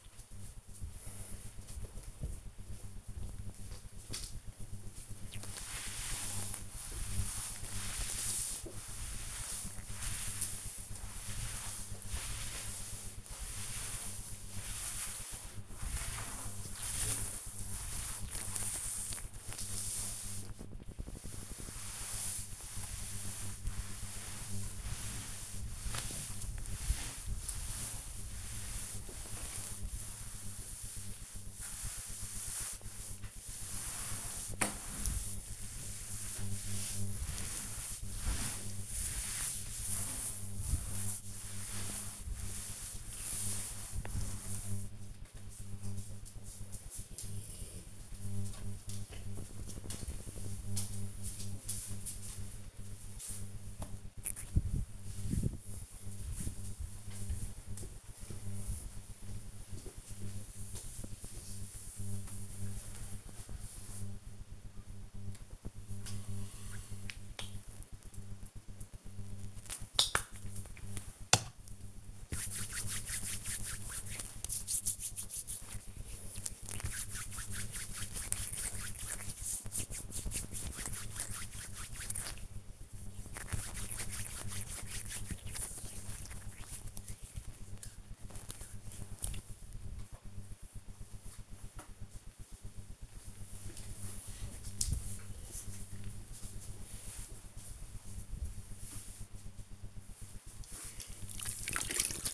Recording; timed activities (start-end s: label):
household activities, microphone on the right wrist
0.00-44.85 s: cleaning table
65.02-89.22 s: cream hands
100.32-102.34 s: floor cleaning